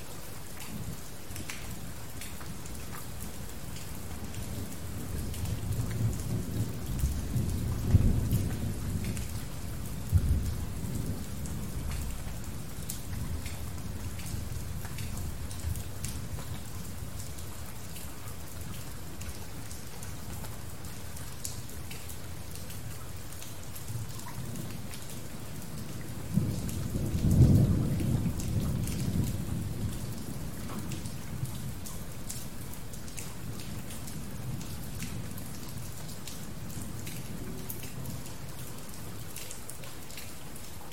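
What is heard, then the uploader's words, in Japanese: Steady rain patters throughout, a dense, even hiss of drops with small taps scattered across it. Low rumbles of thunder swell around 6 to 10 seconds and again near 27 seconds, the second peaking sharply before rolling away into the continuing rain. 雷、雨、大雨。雷雨→雨→大雨。DR-07X #TASCAM #オーストラリア #環境音 #バイノーラル #PCM。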